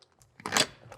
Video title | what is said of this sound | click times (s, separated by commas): How To Set Up Your Rockwood Tent Camper | snap into place. | 0.6 s